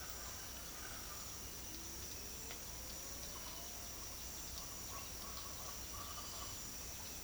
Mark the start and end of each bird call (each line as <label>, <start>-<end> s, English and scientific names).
Speckled Chachalaca (Ortalis guttata), 4.08-6.57 s